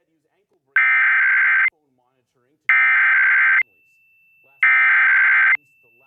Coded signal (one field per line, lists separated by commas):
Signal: Emergency Alert System (SAME) tones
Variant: header bursts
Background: speech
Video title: Pennsylvania Required Monthly Tests (12/16/21)(EAS 1021-1028)